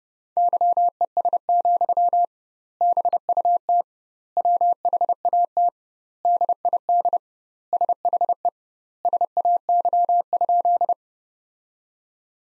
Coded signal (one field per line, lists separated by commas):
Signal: Morse code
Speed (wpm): 30 wpm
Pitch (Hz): 700 Hz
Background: none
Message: YES, BUT WHAT DID SHE SAY?